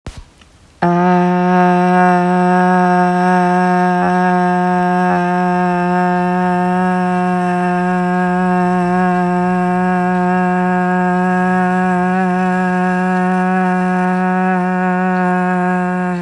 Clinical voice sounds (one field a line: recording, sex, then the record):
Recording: sustained vowel /a/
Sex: female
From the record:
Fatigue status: fatigue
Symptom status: symptomatic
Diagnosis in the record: COVID-19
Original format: m4a